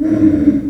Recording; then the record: squeal of a Yucatan mini pig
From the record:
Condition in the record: after surgery on the right vocal fold (resection and tissue-engineered implant); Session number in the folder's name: 4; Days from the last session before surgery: 26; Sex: female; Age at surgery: 19 weeks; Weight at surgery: 25 kg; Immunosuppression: prednisolone